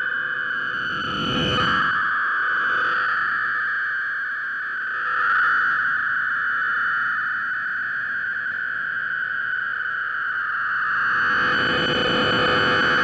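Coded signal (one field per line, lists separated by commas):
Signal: fast PSK data mode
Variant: robust PSK (PSKR)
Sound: continuous dense hissing warble about a kilohertz wide, with faint steady whistles underneath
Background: shortwave static and rumble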